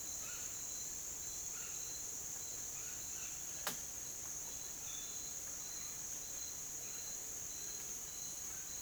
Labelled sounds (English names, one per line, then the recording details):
none
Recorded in dense forest near Puerto Asís, Putumayo, Colombia, on 23 June 2025 at 07:30
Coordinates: 0.484, -76.325
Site H65